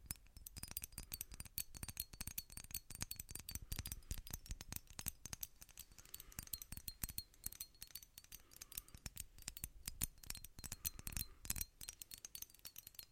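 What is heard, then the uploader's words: Tapping on hard surfaces such as wood and glass, a steady stream of quick, sharp, bright clicks with no pauses. The taps come densely and unevenly, some louder and crisper than others, with a light rattling, clinking quality throughout. One trigger only tapping (Holz, Glas, etc.)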